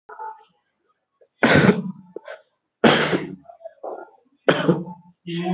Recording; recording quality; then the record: shallow voluntary cough; moderate, slight background noise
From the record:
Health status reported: exposed to COVID-19, no respiratory illness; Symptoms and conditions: breathing difficulty, sore throat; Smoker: not ticked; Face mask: not worn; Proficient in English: yes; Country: India